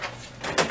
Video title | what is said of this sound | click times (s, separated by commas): Brother MFC L9570 - Onyx Imaging - Tulsa Printer Repair - Replace & Reset Drum Unit | you feel it click into its locked position | 0.6 s